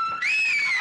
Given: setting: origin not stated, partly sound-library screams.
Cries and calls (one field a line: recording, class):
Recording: one-second piece from a danger detection set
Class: woman in danger